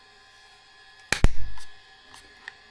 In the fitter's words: And we'll place the cover back on. Which simply snaps into place.